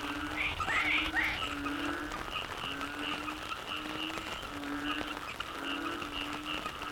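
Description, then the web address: Frog chorus of overlapping low drawn-out croaks and rapid higher pulsed notes, with a brief louder burst of calls near the start. Frog chorus soundscape recorded in the Cherating wetlands, Malaysia. "audio soundscape malaysia yamaha-frogs-cherating-wetlands"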